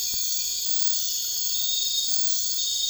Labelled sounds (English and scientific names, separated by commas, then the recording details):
none
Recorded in dense forest near Puerto Asís, Putumayo, Colombia, on 21 March 2025 at 01:00
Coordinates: 0.484, -76.317
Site G064